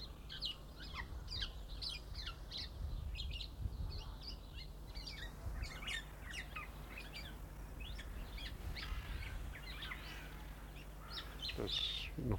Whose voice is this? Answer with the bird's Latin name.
Oriolus chinensis